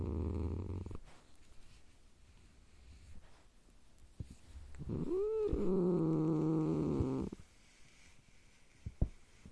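Domestic cat giving a brief low rumble, then after a quiet pause a rising-then-falling moaning growl that sinks lower and stops; a faint click near the end.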